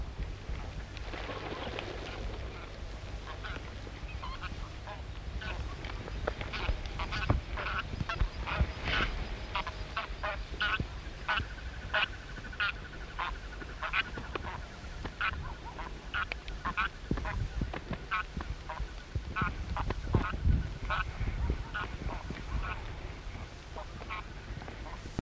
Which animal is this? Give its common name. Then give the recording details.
Pink-footed Goose. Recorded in captivity. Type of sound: call. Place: Schlüsselburg Petershagen, Nordrhein-Westfalen, DE. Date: 1976-02-08. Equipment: Halbspur, 9,5 cm/s. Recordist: Lütgens, Hans. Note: Sieben auffliegend